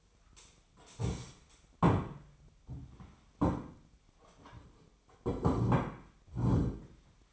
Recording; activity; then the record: daily activity, microphone in the room; stand up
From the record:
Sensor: 1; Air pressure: 1008.1 hPa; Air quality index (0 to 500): 191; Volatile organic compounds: 17 ppm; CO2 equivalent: 2577 ppm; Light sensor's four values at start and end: 13/33/13/15 and 13/33/13/15